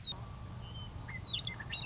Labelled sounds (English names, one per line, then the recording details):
Western Meadowlark
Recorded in Sonoma County, California